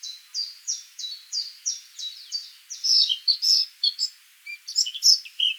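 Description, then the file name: Eurasian blackcap song begins with a row of evenly spaced, slurred chip notes, then breaks into louder, clear fluting warbles. "Sylvia atricapilla"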